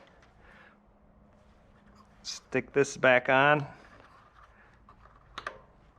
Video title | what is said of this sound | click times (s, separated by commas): Riding Mower Tune-Up | hear it click | 5.4 s, 5.5 s